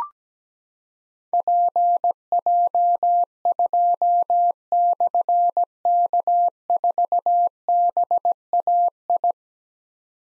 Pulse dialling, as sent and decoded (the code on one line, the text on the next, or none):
none